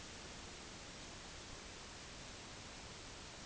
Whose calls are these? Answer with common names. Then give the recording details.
none. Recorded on Arctic tundra, site NAIT-1, on 30 June 2019. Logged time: 06:00